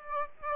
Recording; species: mosquito wingbeat signal from an infrared sensor; Aedes aegypti